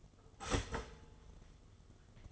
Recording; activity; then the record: daily activity, microphone in the room; start toaster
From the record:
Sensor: 4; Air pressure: 1015.5 hPa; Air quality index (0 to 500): 205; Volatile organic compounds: 11 ppm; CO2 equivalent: 2289 ppm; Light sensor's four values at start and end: 4/8/3/2 and 4/8/3/3